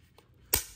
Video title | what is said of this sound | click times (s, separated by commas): How to Install A2 (M16 style) Buffer Tube and Stock | and clicks that way perfect so that works well | 0.5 s